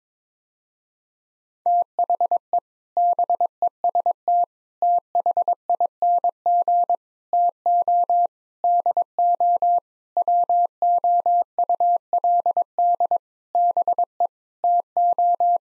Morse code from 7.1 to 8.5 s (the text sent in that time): TO